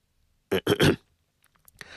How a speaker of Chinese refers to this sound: 在漫长的沉默后，…咳嗽一声，终于打破了尴尬。